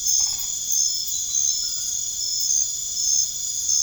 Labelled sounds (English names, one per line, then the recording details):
none
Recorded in secondary vegetation near Puerto Asís, Putumayo, Colombia, on 24 March 2025 at 23:00
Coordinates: 0.489, -76.322
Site G042